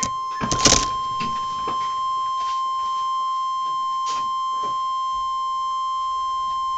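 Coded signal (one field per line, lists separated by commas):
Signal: Emergency Alert System (SAME) tones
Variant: 1050 Hz attention tone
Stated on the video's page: NOAA Weather Radio Flash Flood Warning from transmitter WXJ55, NWS Little Rock.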